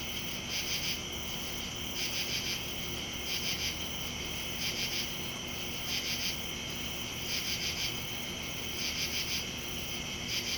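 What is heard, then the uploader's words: Insects chirp in the woods at night, a bright pulsing trill that swells in regular bursts about every second and a half over a constant high hiss of other insects. A low steady hum and faint rumble sit underneath, unchanging throughout. Insects in the Woods on an Autumn Night.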